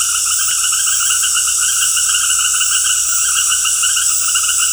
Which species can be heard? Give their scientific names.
none